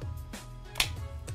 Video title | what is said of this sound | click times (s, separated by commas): Unboxing iPhone 7 ReNew Premium Pack | it's not going anywhere no that's secure | 0.8 s